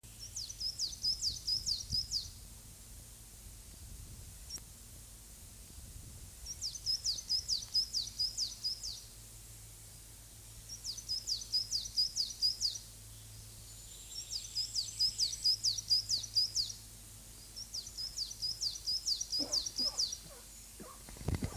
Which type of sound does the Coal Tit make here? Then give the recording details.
song. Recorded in the wild. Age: adult. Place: Oehrenstock/Langewiesen, Thüringer Wald, Thüringen, DE. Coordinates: 50.6603, 10.9428. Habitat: forest. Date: 2003-05-26 13:15. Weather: overcast, after rainfall, 12°C. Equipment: Fair Mate ST-1328 (Asahi Electronics, Japan), Sennheiser ME 80, Kopie Uher 4000 Report Monitor. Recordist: Tembrock, Günter